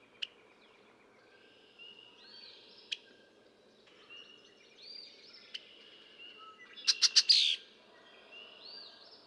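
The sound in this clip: Red-winged blackbird song, a quick burst of sharp clicking notes running into a bright buzzy trill, over a background of many whistling birds.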